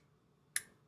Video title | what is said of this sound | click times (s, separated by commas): Day 2—Tuesday, July 18, 2023 UHD Talent Search Summer Robotics Academy | You'll hear a click. | 0.6 s